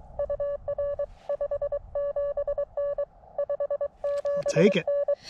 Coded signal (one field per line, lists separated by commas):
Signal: Morse code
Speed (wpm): 24 wpm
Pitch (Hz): 590 Hz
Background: speech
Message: UR 57N 57N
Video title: Exercise in frustration: CW POTA at Letchworth State Park